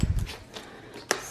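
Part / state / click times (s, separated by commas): folding crate side wall into crate frame / seated / 1.1 s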